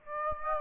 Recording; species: mosquito wingbeat signal from an infrared sensor; Aedes aegypti